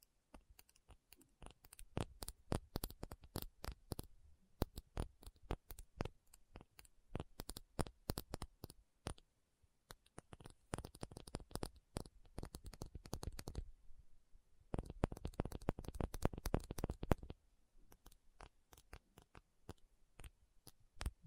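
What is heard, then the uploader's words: Tapping session of quick, sharp taps coming in uneven bursts, some rapid flurries and some sparser strokes, with brief pauses near 4, 10 and 18 seconds. The densest run falls around 15 to 17 seconds, over a faint low hum. ASMR 1 Hour Tapping Session (No Talking).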